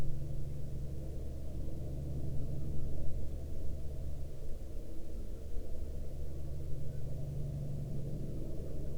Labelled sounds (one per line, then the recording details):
aircraft
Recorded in the Prudhoe Bay oil fields, Alaska, on 13 May 2019 at 12:55
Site 13